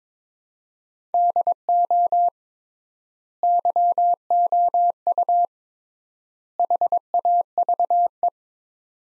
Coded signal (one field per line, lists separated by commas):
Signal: Morse code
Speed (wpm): 22 wpm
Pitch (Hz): 700 Hz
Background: none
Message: DO YOU HAVE